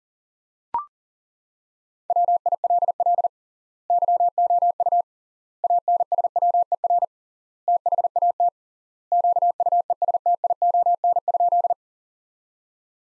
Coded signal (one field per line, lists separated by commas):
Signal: Morse code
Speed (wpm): 42 wpm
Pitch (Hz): 700 Hz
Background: none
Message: WILL YOU ANSWER THAT QUESTION?